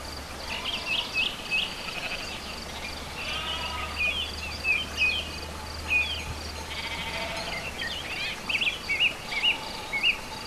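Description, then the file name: Sheep bleating faintly, partly buried under busy chirping birds and a steady high insect-like hiss throughout. Sheep together with birds at a farm ('chez le maitre') on 29 April 2011. "oiseaux moutons chez le maitre 29 04 11"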